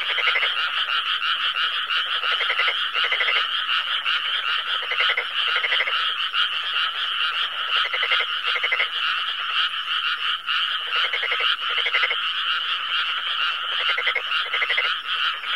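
Frog chorus of many overlapping croaks forming a continuous, throbbing wall of sound, with louder pulsed bursts standing out at intervals.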